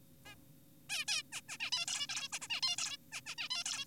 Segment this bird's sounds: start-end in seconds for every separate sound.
0.26-0.35, 0.90-1.05, 1.08-1.23, 1.32-1.41, 1.49-1.58, 1.60-1.70, 1.72-1.86, 1.88-2.07, 2.09-2.28, 2.33-2.39, 2.42-2.48, 2.50-2.61, 2.63-2.76, 2.78-2.97, 3.12-3.21, 3.26-3.35, 3.38-3.49, 3.50-3.64, 3.66-3.85